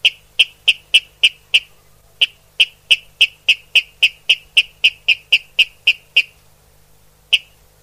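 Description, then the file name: Water rail sharp kip calls, short clicking notes repeated rapidly about three to four per second in a steady series, with a brief pause, then a final note. "Rallus aquaticus sequence"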